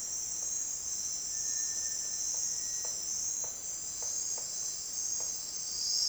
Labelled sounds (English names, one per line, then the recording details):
Cinereous Tinamou
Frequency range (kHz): Cinereous Tinamou 1.5-2.3 kHz
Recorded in dense forest near Puerto Asís, Putumayo, Colombia, on 22 June 2025 at 09:00
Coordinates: 0.468, -76.322
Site GP03